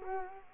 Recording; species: mosquito wingbeat signal from an infrared sensor; Culex quinquefasciatus